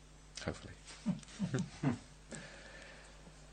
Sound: laughter